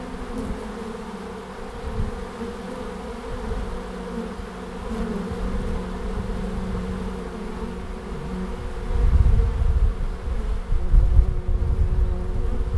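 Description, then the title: Bees buzzing, a steady low drone with wavering hum bands and individual bees passing, louder low rumbling bursts near the end. Bees recorded at the end of March in Langel, Cologne, Germany. "Langel, Köln, Deutschland - Bienen Ende März. Bees at the end of march"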